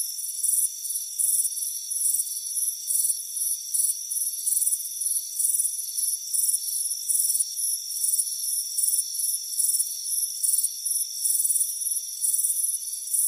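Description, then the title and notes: Crickets chirp in high pulsed calls at a brisk, slightly uneven rhythm over a steady background drone. Crickets chirping on a warm afternoon, heard from a hammock on a front porch. "Soothing Crickets Chirping Sound. It's a warm afternoon as you relax in a hammock on the front porch. Relax and fall asleep to the soothing sound of chirping crickets. Deep Sleep Sounds"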